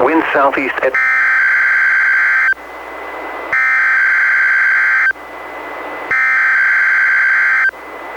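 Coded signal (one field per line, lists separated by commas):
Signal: Emergency Alert System (SAME) tones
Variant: header bursts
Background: speech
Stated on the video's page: Required monthly tests for the Great Shakeout earthquake and tsunami drill, relayed by NOAA Weather Radio and FM stations, recorded from a weather radio, stereos and an online stream.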